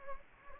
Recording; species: mosquito wingbeat signal from an infrared sensor; Anopheles gambiae